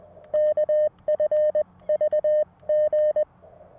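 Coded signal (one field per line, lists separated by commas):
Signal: Morse code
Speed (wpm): 20 wpm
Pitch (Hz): 590 Hz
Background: none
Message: KFVG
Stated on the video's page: Parks on the Air activation from a car at a beach state park: LNR Precision MTR4B V2.3 with CW Morse iambic key, roof-mounted 17-foot whip, captured with a digital recorder.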